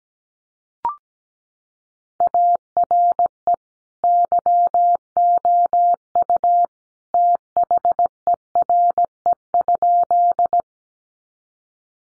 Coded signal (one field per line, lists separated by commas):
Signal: Morse code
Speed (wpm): 17 wpm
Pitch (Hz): 700 Hz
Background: none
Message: ARE YOU THERE?